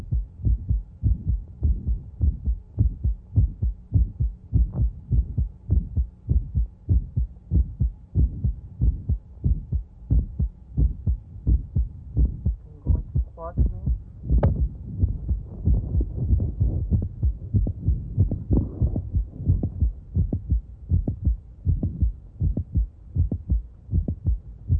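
Adult heart by stethoscope, with the patient standing up from a squat: a mid-systolic click of mitral valve prolapse. Standing pools about 600 mL of blood in the legs, which acutely reduces left ventricular volume. The prolapse and click therefore occur earlier, perhaps even bringing on a mitral regurgitation murmur.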